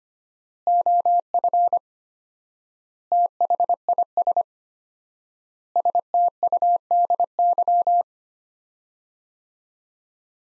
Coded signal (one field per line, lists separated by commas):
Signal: Morse code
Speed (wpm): 25 wpm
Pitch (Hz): 700 Hz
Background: none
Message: OF THIS STUDY